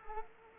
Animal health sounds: mosquito wingbeat signal from an infrared sensor; Culex quinquefasciatus

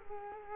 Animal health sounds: mosquito wingbeat signal from an infrared sensor; Culex quinquefasciatus

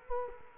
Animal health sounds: mosquito wingbeat signal from an infrared sensor; Culex quinquefasciatus

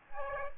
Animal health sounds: mosquito wingbeat signal from an infrared sensor; Aedes aegypti

